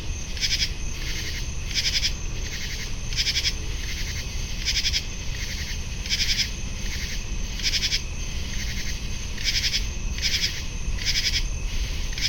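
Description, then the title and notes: Common true katydid chorus: harsh, pulsing rasps in repeated uneven bursts, with a low hum behind. Chorus of many katydids singing, July 23, 2015, 10:05 PM, 75 degrees, picnic grove beside west Dyke Marsh, Virginia; car traffic in background; parabolic microphone. "Many Common True Katydids singing on July 23, 2015 at 10:05PM (75 degrees)in Picnic Grove of River Towers Condos alongside of west Dyke Marsh. Heard in background: Spring or Fall Crickets"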